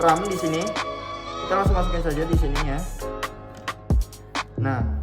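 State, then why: Not seated. A single RAM module is being pushed into a motherboard DIMM slot; nothing has seated or clicked yet. Music plays throughout while someone talks, with a few short, sharp sounds near the end.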